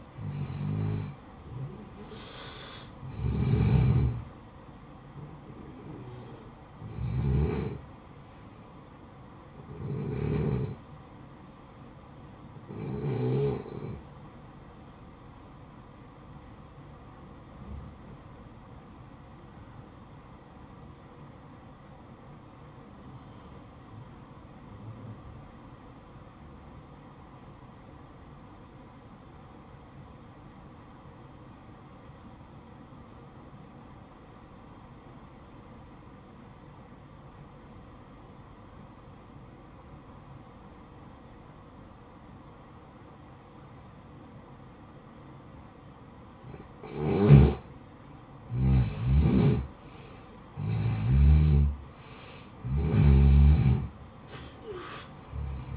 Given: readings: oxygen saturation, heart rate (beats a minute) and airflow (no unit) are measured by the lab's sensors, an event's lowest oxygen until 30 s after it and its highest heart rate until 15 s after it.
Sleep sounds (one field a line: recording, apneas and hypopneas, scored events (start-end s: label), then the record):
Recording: breathing in sleep by a smartphone at the bedside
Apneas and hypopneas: 1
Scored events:
21.00-47.70 s: obstructive apnea (N1, oxygen 95% highest, then 87% lowest, heart rate 58 at the start, 68 highest)
From the record:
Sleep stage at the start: N1 (lightest sleep)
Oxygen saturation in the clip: 88 to 95%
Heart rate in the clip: 52 to 67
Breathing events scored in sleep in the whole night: 573 in 9.8 hours asleep